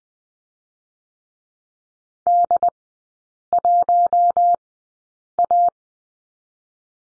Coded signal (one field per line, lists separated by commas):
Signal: Morse code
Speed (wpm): 19 wpm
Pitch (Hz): 700 Hz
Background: none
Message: D1A